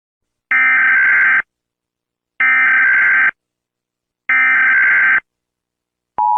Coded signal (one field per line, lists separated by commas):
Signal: Emergency Alert System (SAME) tones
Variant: header bursts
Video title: eas alarm prank